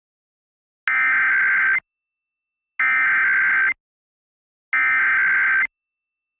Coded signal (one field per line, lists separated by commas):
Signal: Emergency Alert System (SAME) tones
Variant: header bursts